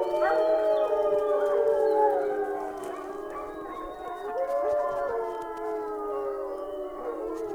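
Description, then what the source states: Wolf: wolves howling in a chorus, several long overlapping tones sliding slowly up and down, sustained throughout with no pauses. Several wolves howling together.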